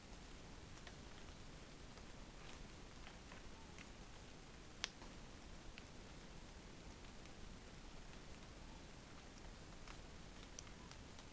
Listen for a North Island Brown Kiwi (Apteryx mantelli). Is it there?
no